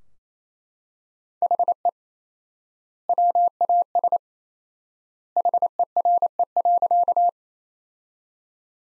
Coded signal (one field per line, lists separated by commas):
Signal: Morse code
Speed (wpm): 28 wpm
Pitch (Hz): 700 Hz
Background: none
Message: HE WAS HERE.